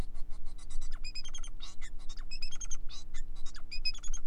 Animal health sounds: song of a male Bengalese finch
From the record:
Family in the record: son of father 4

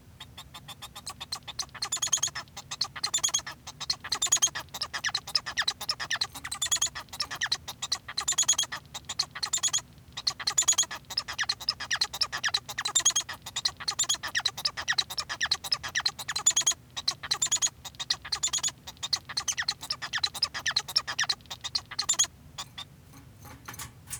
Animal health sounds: song of a male Bengalese finch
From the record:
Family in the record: son of father 1

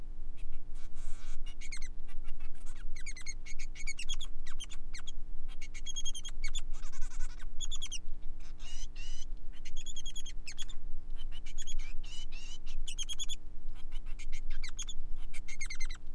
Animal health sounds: song of a male Bengalese finch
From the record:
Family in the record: son of father 3

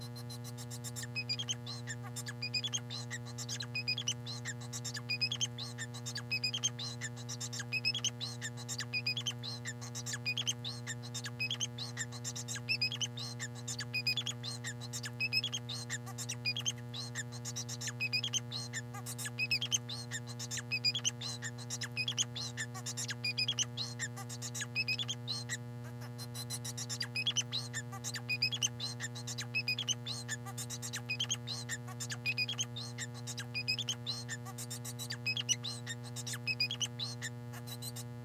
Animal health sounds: song of a male Bengalese finch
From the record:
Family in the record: son of father 4

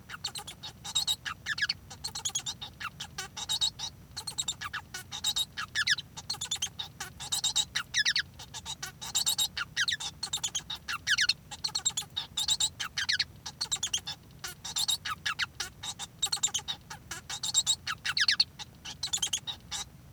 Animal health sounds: song of a male Bengalese finch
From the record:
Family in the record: son of father 1

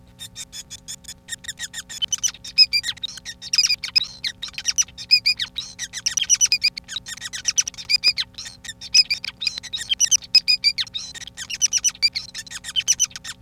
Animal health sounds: song of a male Bengalese finch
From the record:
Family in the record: son of father 5

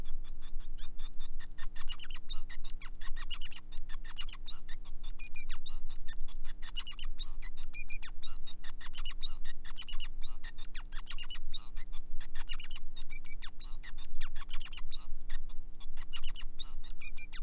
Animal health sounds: song of a male Bengalese finch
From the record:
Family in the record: son of father 5

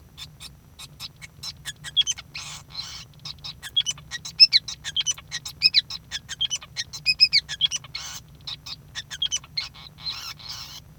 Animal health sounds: song of a male Bengalese finch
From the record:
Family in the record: son of father 5

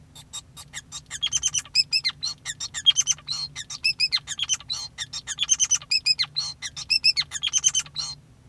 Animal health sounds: song of a male Bengalese finch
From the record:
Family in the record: son of father 5

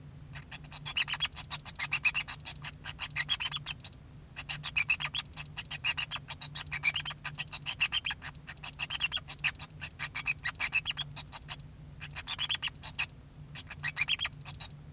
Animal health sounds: song of a male Bengalese finch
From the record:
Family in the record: son of father 2

